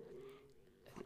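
A soft, low, drawn-out rumble with a faint tonal hum lasts about a second, then ends in a brief gurgle. This is an ordinary stomach growl (borborygmi) from an adult, gas and fluid moving through the gut, heard in a quiet room. It is a normal body sound.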